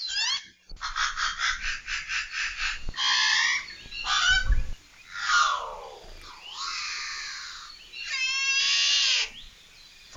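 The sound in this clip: Alala (Hawaiian crow): alala calls: a rapid run of harsh repeated notes, then a varied series of loud, raspy, descending and wavering caws and nasal honks separated by short pauses.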